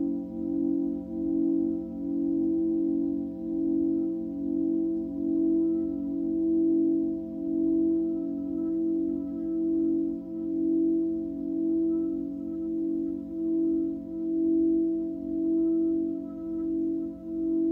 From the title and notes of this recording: Tibetan Singiing Bowl のサウンドヒーリングチャンネル LIVE.